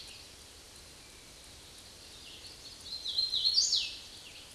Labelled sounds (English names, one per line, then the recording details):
Hooded Warbler song
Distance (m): 20 m
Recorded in a Pennsylvania forest on 18 May 2023 at 06:06
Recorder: AudioMoth, point grid1_7_low
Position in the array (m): 142 m, 82 m